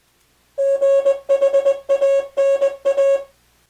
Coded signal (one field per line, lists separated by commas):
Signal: Morse code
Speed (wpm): 20 wpm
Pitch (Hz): 550 Hz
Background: music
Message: GHANA